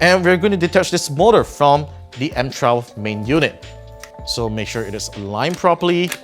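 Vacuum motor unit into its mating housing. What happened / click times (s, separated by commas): Handled, not yet home: the motor unit has not clicked into place / none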